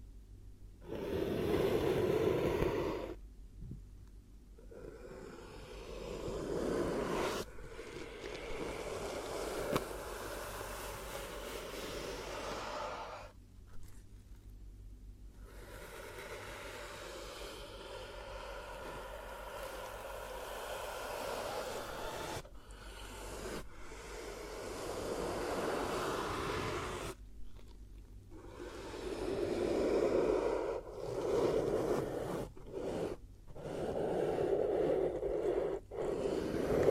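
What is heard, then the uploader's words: Close-up ASMR triggers come as soft, breathy rustling and whooshing sounds in short bursts, separated by brief near-silent pauses every few seconds. The texture is airy and hushed, with a fuller, louder stretch around the start and again near thirty seconds. ASMR 10 Hypnotic Triggers Around Your Head and Ears (No Talking).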